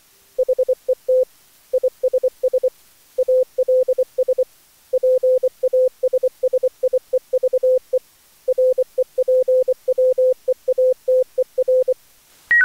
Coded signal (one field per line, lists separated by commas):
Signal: Morse code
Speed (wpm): 25 wpm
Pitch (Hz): 510 Hz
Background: none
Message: HET ISS ALS PASSIEVE REPWEATER